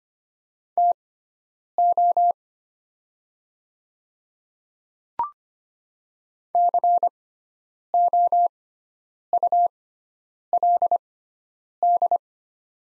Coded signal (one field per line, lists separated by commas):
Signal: Morse code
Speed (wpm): 25 wpm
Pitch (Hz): 700 Hz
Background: none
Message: TO COULD